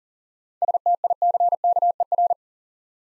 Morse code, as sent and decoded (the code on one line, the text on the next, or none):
... - .. -.-. -.- . .-.
STICKER